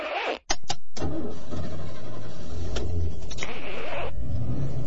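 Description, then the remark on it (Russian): A car drives along with a steady low engine rumble and broad road noise, after a few quick clicks and thumps at the start. A faint whirring swells midway, then fades. “Ну вот, теперь можете выглянуть в окно машины.”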